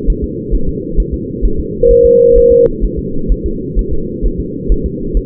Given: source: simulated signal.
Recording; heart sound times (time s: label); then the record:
fetal heart sounds
0.10 s: S1
0.24 s: S2
0.55 s: S1
0.69 s: S2
1.00 s: S1
1.14 s: S2
1.45 s: S1
1.60 s: S2
1.91 s: S1
2.06 s: S2
2.38 s: S1
2.52 s: S2
2.85 s: S1
2.99 s: S2
3.32 s: S1
3.46 s: S2
3.79 s: S1
3.93 s: S2
4.26 s: S1
4.40 s: S2
4.72 s: S1
4.86 s: S2
5.17 s: S1
From the record:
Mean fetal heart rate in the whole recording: 135 bpm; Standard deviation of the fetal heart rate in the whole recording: 3 bpm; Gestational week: 36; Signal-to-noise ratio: -8.1 dB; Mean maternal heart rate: 72 bpm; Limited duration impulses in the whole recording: present